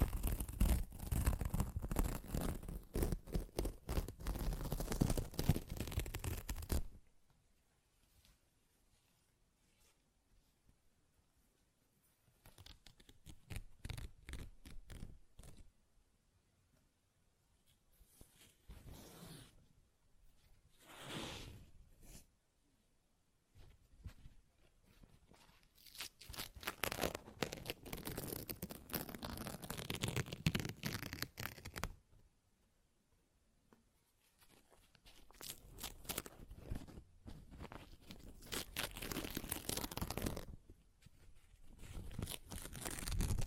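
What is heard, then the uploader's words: Paper is ripped and torn in bursts of harsh, crackling noise, with long bouts at the start, around 25–31 and 37–41 seconds, separated by quieter pauses. ASMR Paper Ripping Tearing Sounds (No Talking).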